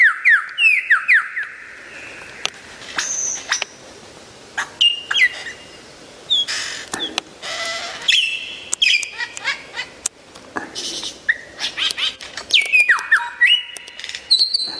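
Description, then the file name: Lyrebird song mixing slurred whistles, harsh squawks and quick chattering notes, with the phrases changing constantly throughout. "suara lyrebird variasi"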